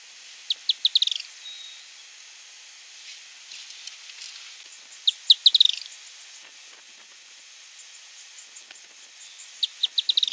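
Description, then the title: Firewood-gatherer calling three times, roughly every four to five seconds, each a few spaced high notes quickening into a fast stutter, with light background hiss. "LuckyPassaro Completos2Sama. Firewood-gatherer (Anumbius annumbi)"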